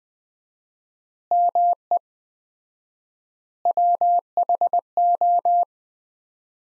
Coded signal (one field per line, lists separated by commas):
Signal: Morse code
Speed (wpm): 20 wpm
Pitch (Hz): 700 Hz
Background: none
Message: ME WHO